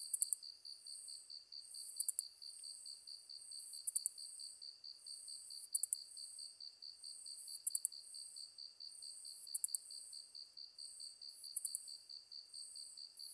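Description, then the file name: Ezo katydid song of bright hissing bursts with clicking ends, evenly spaced, while another insect keeps up a rapid, even pulsing chirr. Recorded 23 August 2010 at 21:31. "ezotuyumusi-20100823-2131"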